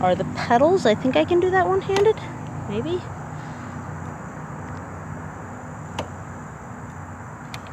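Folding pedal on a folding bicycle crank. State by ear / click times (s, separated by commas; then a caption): released / 6.0 s, 7.5 s. Someone talks, then a folding pedal on the crank of a Cyclamatic CX2 folding bicycle is squeezed one-handed so its locking teeth come out of the interlocking pieces. Two sharp clicks are heard at 6.0 s and 7.5 s over a low steady background hum. The pedal latch releases and the pedal folds.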